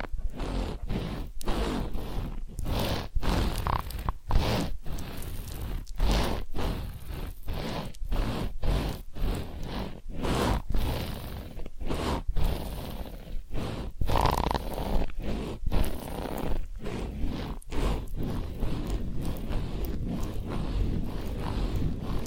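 Massage and ear cleaning sounds: dense, rough rubbing and scraping strokes repeat steadily through the whole 22 seconds, each lasting under a second with short breaks between. The texture is full and crackly, reaching from low thumps up to bright hiss, with no pauses or quiet stretches.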